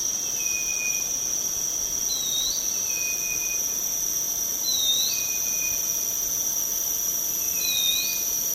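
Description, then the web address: Black-capped babbler calls, thin whistled notes repeating about every three seconds, a short upswept whistle alongside a long flat one, over a steady high insect drone. Recorded on 1 May 2007. "PJGNGLUMUT. black-capped babbler"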